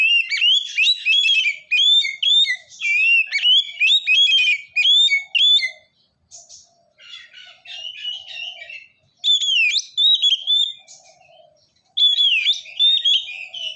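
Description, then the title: Oriental magpie-robin song: long run of rich whistles, trills and scratchy notes, then shorter varied phrases separated by brief pauses. "kacer"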